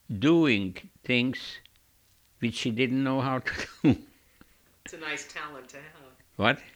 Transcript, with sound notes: doing things which she didn't know how to do. (he laughs)
It's a nice talent to have.
What?